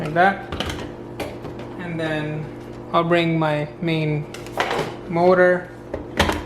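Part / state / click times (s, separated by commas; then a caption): blender motor unit onto chopper lid / not seated / none. Someone talks while the main motor unit of a Kelitos 5-piece blender is brought down toward the chopper lid, with brief sharp handling knocks around 1.2 s, 5.9 s and 6.2 s. The clip ends just before the motor unit goes home, so nothing has seated or clicked yet.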